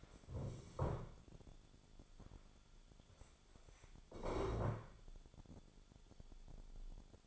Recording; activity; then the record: daily activity, microphone in the room; stand up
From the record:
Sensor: 5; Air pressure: 1015.4 hPa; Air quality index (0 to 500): 184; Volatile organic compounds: 7 ppm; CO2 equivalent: 2002 ppm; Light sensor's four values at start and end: 36/81/33/31 and 36/81/33/31